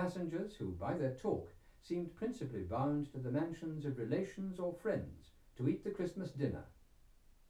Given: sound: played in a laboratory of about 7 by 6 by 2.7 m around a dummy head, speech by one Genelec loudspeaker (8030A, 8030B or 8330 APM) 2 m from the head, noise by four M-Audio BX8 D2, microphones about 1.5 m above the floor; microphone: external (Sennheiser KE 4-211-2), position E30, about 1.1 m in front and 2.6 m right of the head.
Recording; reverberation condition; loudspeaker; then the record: male speech in English; low; 150 degrees to the right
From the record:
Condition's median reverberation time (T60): about 310 ms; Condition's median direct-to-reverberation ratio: about 3.5 dB